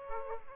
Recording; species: mosquito wingbeat signal from an infrared sensor; Aedes aegypti